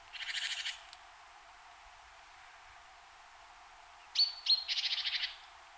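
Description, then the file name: Great tit rattling churr, a long quiet pause, then two thin high notes leading straight into another harsh pulsed burst. "Parus major"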